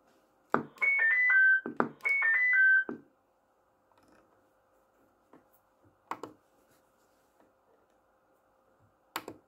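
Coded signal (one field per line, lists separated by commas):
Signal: roger beep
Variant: CB radio roger beep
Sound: two static bursts, each followed by a quick four-note descending electronic beep melody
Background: radio static and clicks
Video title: Custom 6 digit Galaxy Pluto - Roger beep checkout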